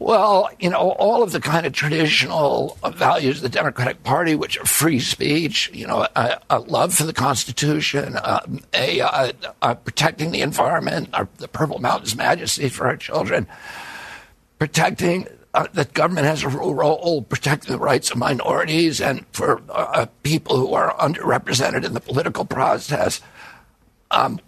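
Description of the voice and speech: Adult male speaking in connected speech with a gravelly, strained, rough voice typical of spasmodic dysphonia. The neurological disorder began at age 42 after an injury and makes the vocal cords tighten up constantly. Surgery in Kyoto, Japan, about eight months earlier made the voice more reliable, and using the voice does not weaken it.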